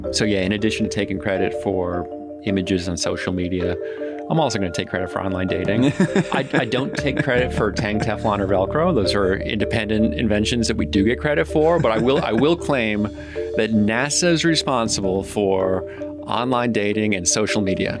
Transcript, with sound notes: so yeah, in addition to taking credit for images on social media, I’m also going to take credit for online dating. [Laughs] I don’t take credit for Tang, Teflon, or Velcro. Those are independent inventions that we do get credit for, but I will, I will claim that NASA is responsible for online dating and social media.